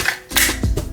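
A metal and polymer magazine is handled at the grip of a Glock 43X pistol as it is about to be pushed up into it until it locks. A brief sharp tick at 0.1 s is followed by rustling and scraping handling noise from about 0.3 s to the end. Nothing has seated or clicked yet.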